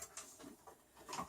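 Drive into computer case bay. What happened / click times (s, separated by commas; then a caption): The drive clicked into its bay / 0.2 s. A drive assembly is pushed into its bay in an Apple G5 computer case, rebuilt into a new chassis, after a struggle to fit it. A faint tap at 0.0 s is followed by a sharp click at 0.2 s as the drive seats, then soft shuffling and a louder scrape near 1.1 to 1.2 s. The drive clicks home into position.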